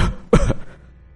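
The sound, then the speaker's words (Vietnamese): A father gives one sharp, harsh cough out of anger, a short loud burst rising out of low murmuring noise and trailing off into near silence. “Bố tức quá mà đâm ho.”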